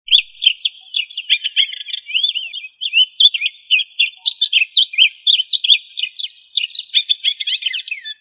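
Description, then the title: Bird song, a rapid, continuous stream of varied high chirps and twittering notes with a brief pause near three seconds. "LuckyPassaros CompletosSama"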